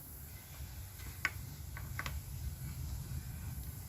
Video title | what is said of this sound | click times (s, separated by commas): 940 rehabilitation | Just keep moving it around until it clicks back into place. | 1.2 s